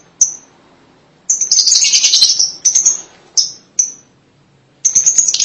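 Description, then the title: Lovebird calls: isolated piercing chirps alternate with short bursts of dense, harsh, high-pitched chatter. "Suara Burung Lovebird"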